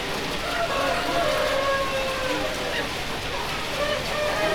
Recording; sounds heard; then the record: poultry house recording; healthy chickens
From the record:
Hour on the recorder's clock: 11